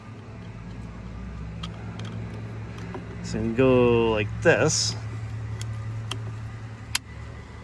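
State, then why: Seated. Someone talks while the rear wiring harness connector is pushed into a new turn signal (multifunction) switch behind the steering column of a 2007–2017 Jeep Wrangler JK, with a few faint ticks along the way. The connector snaps in with a sharp click at 7.0 s, seated.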